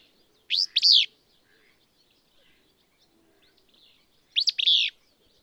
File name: Willow Flycatcher